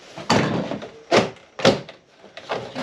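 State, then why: Seated. A thick vinyl siding panel on a porch wall is pushed up to lock into the siding course below or the J channel, which takes more force than regular vinyl because the panel is thicker. Sharp plastic snaps ring out at 0.3 s and 1.6 s, with softer knocks and scrapes between them. The panel snaps into place and is seated.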